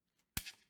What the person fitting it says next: That's it clicking into place.